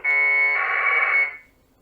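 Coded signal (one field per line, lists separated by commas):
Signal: packet radio (AX.25, as in APRS)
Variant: 1200 baud AFSK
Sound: short harsh buzzing data burst, about 1.3 seconds, steady then warbling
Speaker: I jest 35:09, widzicie, zmieniło się. I informacja test radia V774, czyli napięcie.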